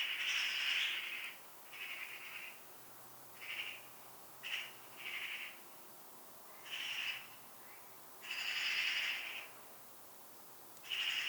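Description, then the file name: Eurasian magpie uttering rasping, chattering notes of uneven length, some short and clipped, others drawn out, in an irregular series over a quiet background. "Pica pica"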